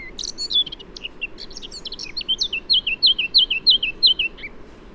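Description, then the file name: Eurasian blackcap song: a quick scratchy warble that ends in a clear run of several repeated whistled notes. "Sylvia atricapilla"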